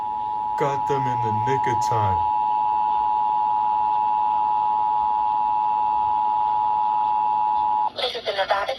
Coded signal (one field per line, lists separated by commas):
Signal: Emergency Alert System (SAME) tones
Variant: 853 and 960 Hz attention tone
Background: speech